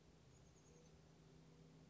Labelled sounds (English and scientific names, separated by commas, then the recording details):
Chestnut-backed Chickadee (Poecile rufescens)
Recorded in Sonoma County, California